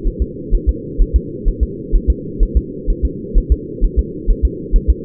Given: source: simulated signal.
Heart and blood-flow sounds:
fetal heart sounds
0.07 s: S1
0.22 s: S2
0.55 s: S1
0.69 s: S2
1.02 s: S1
1.16 s: S2
1.48 s: S1
1.63 s: S2
1.95 s: S1
2.10 s: S2
2.43 s: S1
2.57 s: S2
2.90 s: S1
3.05 s: S2
3.38 s: S1
3.52 s: S2
3.85 s: S1
3.99 s: S2
4.31 s: S1
4.45 s: S2
4.76 s: S1
4.90 s: S2
From the record:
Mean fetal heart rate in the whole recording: 130 bpm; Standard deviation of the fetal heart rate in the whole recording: 4 bpm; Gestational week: 38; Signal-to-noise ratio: -4.1 dB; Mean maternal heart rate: no maternal heart sound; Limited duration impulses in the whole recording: absent

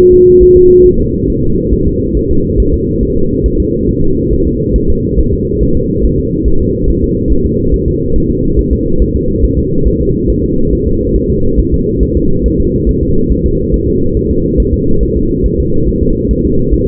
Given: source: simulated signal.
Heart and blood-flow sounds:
fetal heart sounds
0.13 s: S2
0.43 s: S1
0.57 s: S2
0.86 s: S1
1.00 s: S2
1.30 s: S1
1.44 s: S2
1.74 s: S1
1.88 s: S2
2.17 s: S1
2.31 s: S2
2.60 s: S1
2.74 s: S2
3.03 s: S1
3.17 s: S2
3.46 s: S1
3.60 s: S2
3.89 s: S1
4.03 s: S2
4.32 s: S1
4.47 s: S2
4.76 s: S1
4.90 s: S2
5.19 s: S1
5.34 s: S2
5.63 s: S1
5.77 s: S2
6.05 s: S1
6.19 s: S2
6.48 s: S1
6.62 s: S2
6.90 s: S1
7.04 s: S2
7.32 s: S1
7.46 s: S2
7.74 s: S1
7.88 s: S2
8.16 s: S1
8.30 s: S2
8.59 s: S1
8.73 s: S2
9.02 s: S1
9.16 s: S2
9.45 s: S1
9.59 s: S2
9.87 s: S1
10.01 s: S2
10.30 s: S1
10.44 s: S2
10.73 s: S1
10.87 s: S2
11.16 s: S1
11.30 s: S2
11.59 s: S1
11.74 s: S2
12.03 s: S1
12.17 s: S2
12.46 s: S1
12.60 s: S2
12.89 s: S1
13.03 s: S2
13.32 s: S1
13.46 s: S2
13.74 s: S1
13.88 s: S2
14.17 s: S1
14.31 s: S2
14.60 s: S1
14.74 s: S2
15.03 s: S1
15.17 s: S2
15.46 s: S1
15.60 s: S2
15.88 s: S1
16.03 s: S2
16.31 s: S1
16.45 s: S2
16.74 s: S1
16.88 s: S2
From the record:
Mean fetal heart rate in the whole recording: 140 bpm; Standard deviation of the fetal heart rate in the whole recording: 2 bpm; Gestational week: 34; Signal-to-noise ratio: -16.4 dB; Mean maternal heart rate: 72 bpm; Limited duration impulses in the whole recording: present

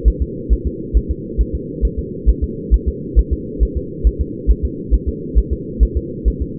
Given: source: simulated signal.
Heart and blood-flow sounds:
fetal heart sounds
0.08 s: S1
0.22 s: S2
0.53 s: S1
0.67 s: S2
0.97 s: S1
1.11 s: S2
1.41 s: S1
1.55 s: S2
1.85 s: S1
1.99 s: S2
2.29 s: S1
2.44 s: S2
2.74 s: S1
2.88 s: S2
3.19 s: S1
3.33 s: S2
3.63 s: S1
3.77 s: S2
4.07 s: S1
4.21 s: S2
4.51 s: S1
4.65 s: S2
4.94 s: S1
5.09 s: S2
5.38 s: S1
5.53 s: S2
5.83 s: S1
5.97 s: S2
6.28 s: S1
6.42 s: S2
From the record:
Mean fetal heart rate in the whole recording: 135 bpm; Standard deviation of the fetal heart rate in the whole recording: 3 bpm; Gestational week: 34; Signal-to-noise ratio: -4.1 dB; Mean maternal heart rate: no maternal heart sound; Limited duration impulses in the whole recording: absent

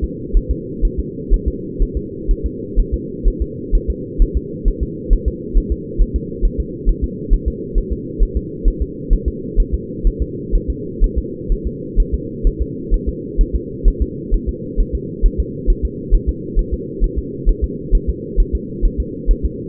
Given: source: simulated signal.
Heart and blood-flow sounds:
fetal heart sounds
0.04 s: S2
0.37 s: S1
0.51 s: S2
0.85 s: S1
1.00 s: S2
1.34 s: S1
1.48 s: S2
1.83 s: S1
1.97 s: S2
2.31 s: S1
2.46 s: S2
2.80 s: S1
2.94 s: S2
3.28 s: S1
3.42 s: S2
3.75 s: S1
3.90 s: S2
4.22 s: S1
4.37 s: S2
4.68 s: S1
4.83 s: S2
5.13 s: S1
5.28 s: S2
5.58 s: S1
5.72 s: S2
6.02 s: S1
6.16 s: S2
6.45 s: S1
6.60 s: S2
6.89 s: S1
7.04 s: S2
7.33 s: S1
7.48 s: S2
7.78 s: S1
7.92 s: S2
8.23 s: S1
8.37 s: S2
8.68 s: S1
8.82 s: S2
9.13 s: S1
9.28 s: S2
9.60 s: S1
9.74 s: S2
10.07 s: S1
10.22 s: S2
10.55 s: S1
10.70 s: S2
11.04 s: S1
11.18 s: S2
11.52 s: S1
11.67 s: S2
12.00 s: S1
12.14 s: S2
12.47 s: S1
12.62 s: S2
12.94 s: S1
13.08 s: S2
13.41 s: S1
13.55 s: S2
13.88 s: S1
14.02 s: S2
14.34 s: S1
14.49 s: S2
14.80 s: S1
14.95 s: S2
15.26 s: S1
15.40 s: S2
15.70 s: S1
15.85 s: S2
16.14 s: S1
16.29 s: S2
16.59 s: S1
16.73 s: S2
17.04 s: S1
17.18 s: S2
17.49 s: S1
17.64 s: S2
17.95 s: S1
18.09 s: S2
18.40 s: S1
18.55 s: S2
18.86 s: S1
19.00 s: S2
19.31 s: S1
19.45 s: S2
From the record:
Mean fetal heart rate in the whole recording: 130 bpm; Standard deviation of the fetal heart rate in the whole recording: 4 bpm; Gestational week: 38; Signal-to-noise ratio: -4.1 dB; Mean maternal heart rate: no maternal heart sound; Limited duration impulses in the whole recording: absent

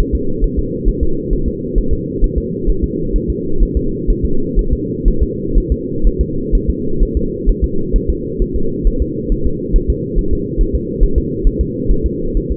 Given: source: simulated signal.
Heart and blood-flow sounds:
fetal heart sounds
0.00 s: S1
0.15 s: S2
0.44 s: S1
0.59 s: S2
0.89 s: S1
1.03 s: S2
1.33 s: S1
1.48 s: S2
1.78 s: S1
1.93 s: S2
2.24 s: S1
2.38 s: S2
2.70 s: S1
2.84 s: S2
3.16 s: S1
3.30 s: S2
3.63 s: S1
3.77 s: S2
4.10 s: S1
4.25 s: S2
4.59 s: S1
4.73 s: S2
5.08 s: S1
5.23 s: S2
5.58 s: S1
5.72 s: S2
6.07 s: S1
6.21 s: S2
6.55 s: S1
6.70 s: S2
7.03 s: S1
7.17 s: S2
7.49 s: S1
7.64 s: S2
7.96 s: S1
8.10 s: S2
8.42 s: S1
8.56 s: S2
8.87 s: S1
9.02 s: S2
9.32 s: S1
9.46 s: S2
9.76 s: S1
9.90 s: S2
10.19 s: S1
10.33 s: S2
10.61 s: S1
10.75 s: S2
11.03 s: S1
11.18 s: S2
11.47 s: S1
11.61 s: S2
11.91 s: S1
12.06 s: S2
12.37 s: S1
12.52 s: S2
From the record:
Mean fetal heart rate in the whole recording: 130 bpm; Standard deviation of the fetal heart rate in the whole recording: 4 bpm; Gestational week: 38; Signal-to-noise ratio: -8.1 dB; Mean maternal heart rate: 72 bpm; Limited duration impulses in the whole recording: absent

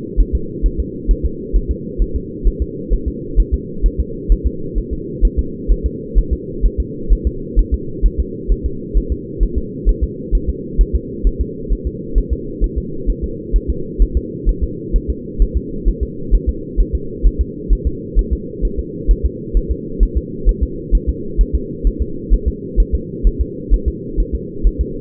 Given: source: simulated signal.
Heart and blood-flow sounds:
fetal heart sounds
0.20 s: S1
0.35 s: S2
0.66 s: S1
0.80 s: S2
1.11 s: S1
1.25 s: S2
1.56 s: S1
1.71 s: S2
2.02 s: S1
2.16 s: S2
2.48 s: S1
2.62 s: S2
2.93 s: S1
3.08 s: S2
3.40 s: S1
3.54 s: S2
3.86 s: S1
4.00 s: S2
4.32 s: S1
4.47 s: S2
4.78 s: S1
4.93 s: S2
5.25 s: S1
5.39 s: S2
5.71 s: S1
5.86 s: S2
6.18 s: S1
6.33 s: S2
6.66 s: S1
6.80 s: S2
7.12 s: S1
7.27 s: S2
7.59 s: S1
7.74 s: S2
8.06 s: S1
8.20 s: S2
8.52 s: S1
8.66 s: S2
8.98 s: S1
9.12 s: S2
9.43 s: S1
9.58 s: S2
9.89 s: S1
10.03 s: S2
10.35 s: S1
10.49 s: S2
10.81 s: S1
10.95 s: S2
11.27 s: S1
11.41 s: S2
11.73 s: S1
11.87 s: S2
12.18 s: S1
12.33 s: S2
12.64 s: S1
12.78 s: S2
13.10 s: S1
13.24 s: S2
13.56 s: S1
13.70 s: S2
14.02 s: S1
14.17 s: S2
14.49 s: S1
14.63 s: S2
14.96 s: S1
15.10 s: S2
15.42 s: S1
15.57 s: S2
15.88 s: S1
16.03 s: S2
16.34 s: S1
16.49 s: S2
16.80 s: S1
16.95 s: S2
17.27 s: S1
17.41 s: S2
17.73 s: S1
17.87 s: S2
18.19 s: S1
18.33 s: S2
18.65 s: S1
18.79 s: S2
19.11 s: S1
19.25 s: S2
19.57 s: S1
19.71 s: S2
20.03 s: S1
20.17 s: S2
20.49 s: S1
20.63 s: S2
20.95 s: S1
21.09 s: S2
21.41 s: S1
21.55 s: S2
21.87 s: S1
22.02 s: S2
22.34 s: S1
22.48 s: S2
22.80 s: S1
22.95 s: S2
23.27 s: S1
23.41 s: S2
23.74 s: S1
23.88 s: S2
24.20 s: S1
24.35 s: S2
24.67 s: S1
24.81 s: S2
From the record:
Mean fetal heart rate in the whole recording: 130 bpm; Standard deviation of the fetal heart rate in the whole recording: 2 bpm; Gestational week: 36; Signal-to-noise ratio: -4.3 dB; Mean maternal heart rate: 72 bpm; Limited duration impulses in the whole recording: absent

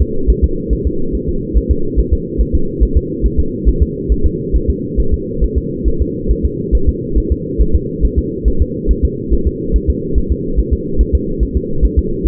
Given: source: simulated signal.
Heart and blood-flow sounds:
fetal heart sounds
0.02 s: S2
0.30 s: S1
0.44 s: S2
0.73 s: S1
0.87 s: S2
1.15 s: S1
1.29 s: S2
1.57 s: S1
1.71 s: S2
1.99 s: S1
2.13 s: S2
2.41 s: S1
2.55 s: S2
2.83 s: S1
2.97 s: S2
3.26 s: S1
3.40 s: S2
3.69 s: S1
3.83 s: S2
4.12 s: S1
4.26 s: S2
4.56 s: S1
4.70 s: S2
5.00 s: S1
5.14 s: S2
5.44 s: S1
5.58 s: S2
5.88 s: S1
6.02 s: S2
6.31 s: S1
6.45 s: S2
6.75 s: S1
6.89 s: S2
7.18 s: S1
7.32 s: S2
7.61 s: S1
7.75 s: S2
8.05 s: S1
8.19 s: S2
8.48 s: S1
8.62 s: S2
8.91 s: S1
9.05 s: S2
9.33 s: S1
9.47 s: S2
9.76 s: S1
9.90 s: S2
10.18 s: S1
10.32 s: S2
10.59 s: S1
10.73 s: S2
11.01 s: S1
11.15 s: S2
11.43 s: S1
11.57 s: S2
11.85 s: S1
11.99 s: S2
12.27 s: S1
From the record:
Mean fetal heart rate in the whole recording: 140 bpm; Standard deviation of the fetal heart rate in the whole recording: 2 bpm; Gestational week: 34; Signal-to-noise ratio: -8.1 dB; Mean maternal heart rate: 72 bpm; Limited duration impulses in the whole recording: absent

